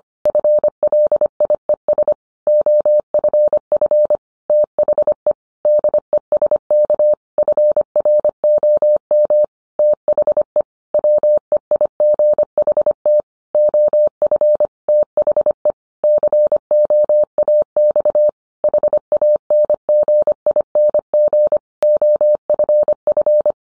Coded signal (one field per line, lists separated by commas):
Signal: Morse code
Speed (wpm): 25 wpm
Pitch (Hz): 600 Hz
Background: none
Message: FLIES OFF THE DESK FROM THE WEIGHT OF THE COAX HANGING OFF